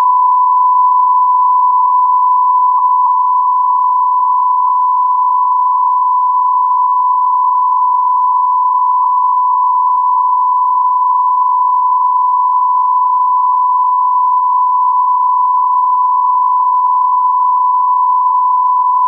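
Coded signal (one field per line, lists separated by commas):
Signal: radio time signal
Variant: Beta, RJH77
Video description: 06:46 : Unmodulated carrier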